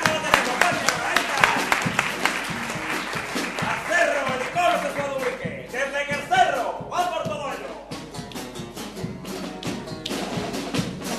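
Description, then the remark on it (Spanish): An audience at a 2010 carnival performance in Ubrique applauds 'the king' steadily for about eleven seconds, a dense patter of many hands clapping, with shouting and cheering voices rising over it midway before the clapping carries on alone. “¡Coño, un aplauso para el rey!”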